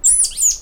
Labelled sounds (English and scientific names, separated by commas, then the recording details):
Stitchbird (Notiomystis cincta) song
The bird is a male
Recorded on Tiritiri Matangi Island, New Zealand, in 2005
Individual 1, of nest box 1